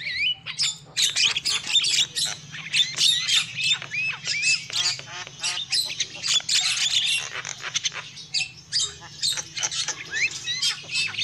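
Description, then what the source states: Lovebird squawking chatter, a dense stream of harsh, shrill notes and short rising whistles, almost continuous, with a faint low hum underneath. Lure call used for trapping lovebirds.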